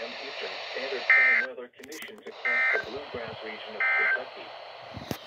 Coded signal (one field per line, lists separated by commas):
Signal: Emergency Alert System (SAME) tones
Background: speech